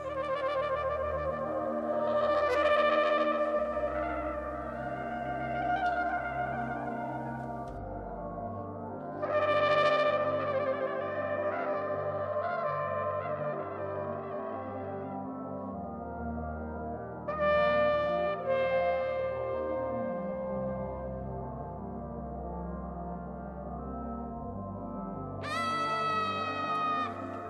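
Instrumental jazz from an album plays on its own as background music on a jazz radio programme, at a steady, moderate level: sustained melodic tones with bright, sharp accents returning every seven or eight seconds over a low, continuous bass.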